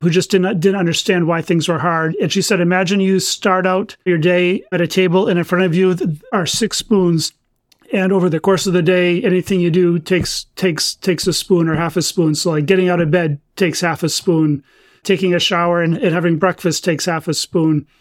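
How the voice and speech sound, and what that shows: An adult man who has stuttered since childhood, with varying severity, speaks at a quick, even pace with a few whole-word repetitions, such as "takes" said three times and a doubled "didn't", plus brief stretched sounds before words. These are mild stuttering disfluencies in otherwise mostly fluent speech.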